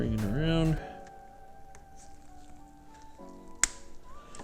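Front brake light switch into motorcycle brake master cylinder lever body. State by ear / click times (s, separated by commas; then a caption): seated / 3.6 s. A front brake light switch is brought around and pushed into its mount on a new Brembo 19RCS motorcycle front brake master cylinder lever body while someone talks. A sharp click at 3.6 seconds shows the switch snapping in and seating.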